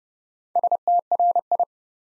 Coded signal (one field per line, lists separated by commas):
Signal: Morse code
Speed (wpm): 30 wpm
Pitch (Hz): 700 Hz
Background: none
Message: STRI